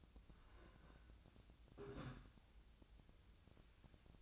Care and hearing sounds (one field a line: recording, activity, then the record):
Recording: daily activity, microphone in the room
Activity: take from stove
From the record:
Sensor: 2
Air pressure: 1009.9 hPa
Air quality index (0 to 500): 179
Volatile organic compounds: 10 ppm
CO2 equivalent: 2241 ppm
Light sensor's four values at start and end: 31/75/32/36 and 31/76/33/36